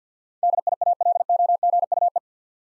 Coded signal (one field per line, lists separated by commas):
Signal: Morse code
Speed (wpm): 50 wpm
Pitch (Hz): 700 Hz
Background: none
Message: DIALOGUE